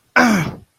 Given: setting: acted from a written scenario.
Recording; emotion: vocal sound without words; pain